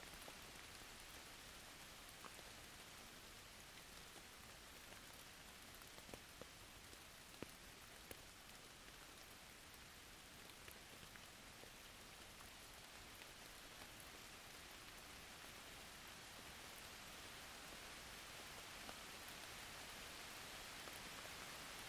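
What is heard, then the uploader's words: Soft rain falls steadily and evenly, a dense bright hiss with no real change across the whole stretch. Individual drops tick and patter, with a few sharper taps standing out now and then, such as one around seven seconds. Original recording was clipped but since it was recorded in 32 bit I was able to recover the lost dynamics and add compression in post.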